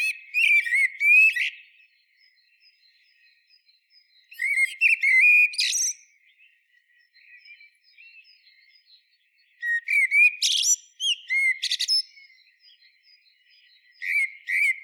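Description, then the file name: Eurasian blackbird song in separate bursts every few seconds, each a mellow whistled phrase climbing into shrill twittered flourishes, with faint soft notes between bursts. "Turdus merula"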